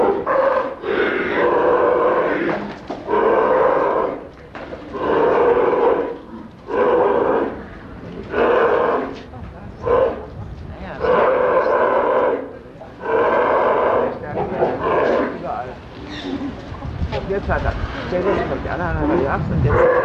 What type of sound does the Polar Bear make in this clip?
aggressive call